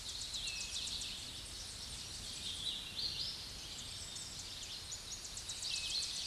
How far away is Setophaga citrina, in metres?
about 60 m